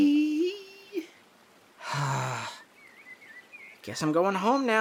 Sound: sigh